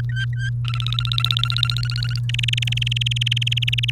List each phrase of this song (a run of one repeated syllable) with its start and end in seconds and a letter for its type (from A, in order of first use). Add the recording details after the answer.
0.09-0.49 A, 0.65-2.19 B, 2.29-3.90 C. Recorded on 30 April 2018 at 07:07. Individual llb3